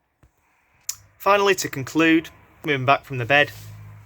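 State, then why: Seated. A skylight blackout blind and fly screen on a Burstner Ixeo I 728G are locked into place in the skylight frame for travel, giving a sharp plastic click at 0.9 s that shows it has seated. A faint tick comes just before at 0.2 s, and after the click someone talks.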